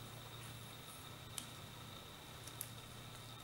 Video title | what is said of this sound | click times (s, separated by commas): Cleaning the PID sensor on the ACG+ | So you gently push home until you hear a click. | 1.4 s, 2.6 s